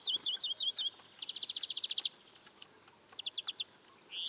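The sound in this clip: European greenfinch singing fast trills: a run of looping twitters, then a long even rattle, a pause, a short trill and the start of a buzzy note.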